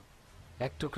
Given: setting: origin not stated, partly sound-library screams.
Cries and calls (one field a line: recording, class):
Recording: one-second piece from a danger detection set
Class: normal situation